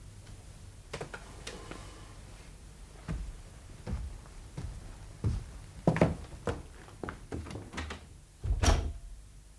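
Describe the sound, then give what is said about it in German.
A door is handled with a string of uneven clicks, knocks and latch rattles, then closes with a heavier thump near the end. No one speaks. “Und die Tür ist auf. Bitte gehen Sie.”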